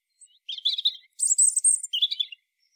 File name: Erithacus rubecula